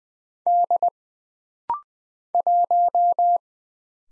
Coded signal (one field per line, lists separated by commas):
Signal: Morse code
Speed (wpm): 20 wpm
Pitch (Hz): 700 Hz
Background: none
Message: D 1